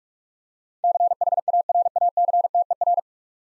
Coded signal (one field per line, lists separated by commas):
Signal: Morse code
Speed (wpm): 44 wpm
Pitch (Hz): 700 Hz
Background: none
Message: CHARACTER